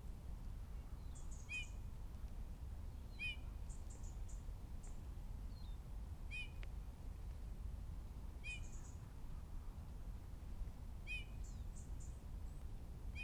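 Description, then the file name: Eurasian bullfinch calling with soft, piping whistled notes repeated every few seconds, with thin high chirps between and a low background rumble. "Pyrrhula pyrrhula"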